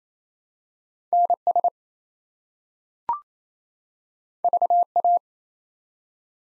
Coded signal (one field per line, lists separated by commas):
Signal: Morse code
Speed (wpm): 27 wpm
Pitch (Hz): 700 Hz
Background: none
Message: NS VA